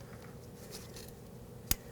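The plastic retaining clip on the ABS sensor wire of a 2006-2011 Chevrolet HHR is pushed by hand onto its metal suspension bracket at the front wheel after a wheel bearing replacement. Over a low, steady background, one sharp, loud snap is heard at 1.7 s. The clip is seated and locked in place on the bracket, securing the sensor wire.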